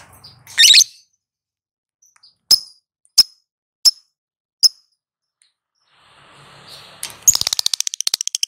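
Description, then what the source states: Lovebird sounds: a sharp squeak, a run of evenly spaced high chirps, then faint hiss and a fast rattling trill starting near the end. Lovebird, ngekek panjang (long trill) song style, with ngetik (ticking chirps).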